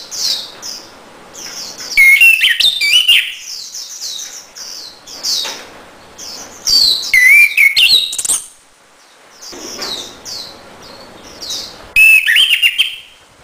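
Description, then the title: Orange-headed thrush song: loud bursts of rich, varied whistled phrases at about two, seven and twelve seconds, over steady high-pitched chirping. Song to lure or stimulate a silent orange-headed thrush into singing. "Anis Merah Macet.. Pancing Dengan Suara Ini.. # Anis Merah"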